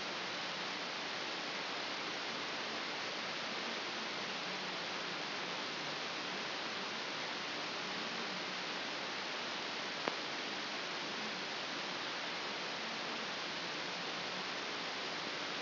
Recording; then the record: brain microelectrode recording played as sound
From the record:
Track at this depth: inside the subthalamic nucleus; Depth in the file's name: 3.921 mm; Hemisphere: left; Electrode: 2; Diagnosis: Parkinson's disease